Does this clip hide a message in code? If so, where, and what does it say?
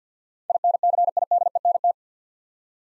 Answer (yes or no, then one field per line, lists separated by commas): yes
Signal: Morse code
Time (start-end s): 0.5-1.9 s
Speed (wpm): 47 wpm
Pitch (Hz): 700 Hz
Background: none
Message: INCIDENT